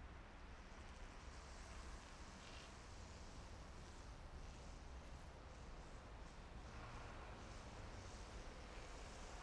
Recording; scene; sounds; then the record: everyday scene through a hearing-aid microphone; in traffic; traffic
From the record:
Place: main city hub, rush hour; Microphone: behind the ear, left, rear